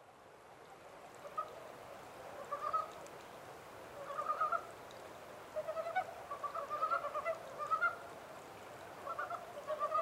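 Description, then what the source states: Japanese mountain brown frog giving several groups of short rattling pulses after a quiet opening. Recorded 14 April 2010 at 03:17.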